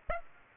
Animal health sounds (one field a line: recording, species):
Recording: mosquito wingbeat signal from an infrared sensor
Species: Aedes aegypti